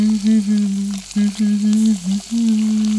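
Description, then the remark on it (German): Fried eggs sizzling in a pan in a kitchen, a steady sizzle with scattered crackles over a low, droning hum that briefly drops out a few times. No voices. “brutzelt Spiegeleier.”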